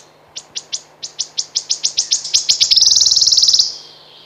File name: Świstunka leśna